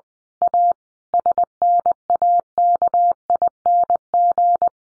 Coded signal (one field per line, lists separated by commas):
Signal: Morse code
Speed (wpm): 20 wpm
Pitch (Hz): 700 Hz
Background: none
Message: A SNAKING